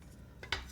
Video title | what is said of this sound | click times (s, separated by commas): TKD Cycle7 Keyboard Build - Alexotos Twitch VOD | kind of snaps into place here | 0.5 s